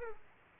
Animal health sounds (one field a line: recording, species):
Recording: mosquito wingbeat signal from an infrared sensor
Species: Aedes aegypti